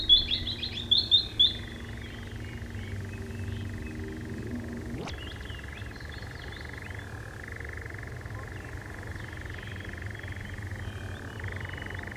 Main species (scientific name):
Caprimulgus europaeus